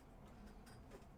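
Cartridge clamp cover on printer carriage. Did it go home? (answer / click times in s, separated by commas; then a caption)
no / none. The cartridge clamp cover on the printer carriage of an inkjet printer being converted for sublimation is handled and pressed down. Faint ticking and soft mechanical handling noises are heard over a low steady background. Nothing has seated or clicked yet.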